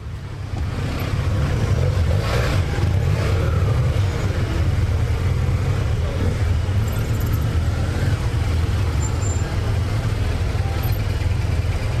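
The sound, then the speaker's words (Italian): A steady wash of city street traffic in Palermo, Italy, with a constant low engine rumble and hiss of passing vehicles, occasional faint higher clatter over the din, no clear voices. “abbiamo credo alcuni di questi suoni, abbiamo proprio un estratto di un po' di traffico palermitano, ve lo facciamo ascoltare, ve lo offriamo anche a voi, non solo a Venezia ma in tutta Italia.”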